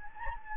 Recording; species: mosquito wingbeat signal from an infrared sensor; Anopheles gambiae